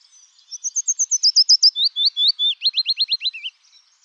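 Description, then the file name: Willow warbler song: a sweet, high descending phrase of whistled notes, starting thin and high, dropping and strengthening into fuller slurred notes, ending on a lower note. "Pouillot fitis"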